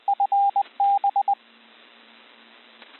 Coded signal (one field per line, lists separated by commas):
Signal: Morse code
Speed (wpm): 20 wpm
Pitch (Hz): 800 Hz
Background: radio noise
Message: FB